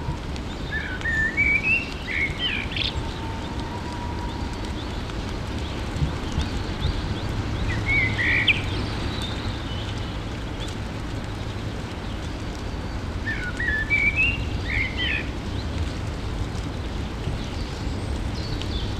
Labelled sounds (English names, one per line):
Common Blackbird song